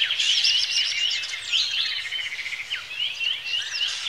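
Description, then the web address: Birds singing together, fast overlapping chirps, trills and rising whistles in a continuous high chorus. Lakeside birdsong in Kenya, Africa, early in the morning. "A Természet hangjai - Madárdal A Természet hangjai - Afrika, Kenya - Tópart madárcsicsergéssel kora reggel"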